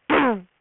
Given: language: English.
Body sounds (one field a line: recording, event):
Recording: throat vibration sensor signal played as sound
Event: throat clearing